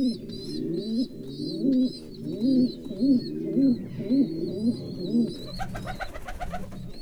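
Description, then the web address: Pigeon cooing, a run of low rolling arched coos about twice a second, with several birds overlapping and thin high chirps from small birds above, then a clattering burst near the end. Standard-breed pigeons at a zoo in Miskolc, Hungary, recorded in 2009. "miskolcizoo 2009 standardt galambok"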